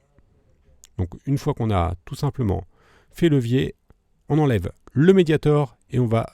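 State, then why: Released. A metal pick from the tool kit is inserted between the screen and the plastic back cover of a Huawei P Smart 2018 smartphone, then levered to unclip the cover, which is clipped firmly onto the screen chassis. A sharp snap is heard at 0.8 s as the clips let go and the cover releases from the frame. Someone then talks.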